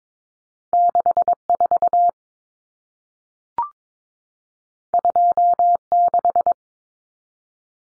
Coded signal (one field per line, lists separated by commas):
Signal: Morse code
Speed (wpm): 22 wpm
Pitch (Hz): 700 Hz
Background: none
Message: 64 26